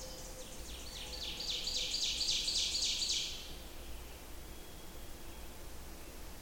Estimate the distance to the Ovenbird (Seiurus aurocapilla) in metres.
about 35 m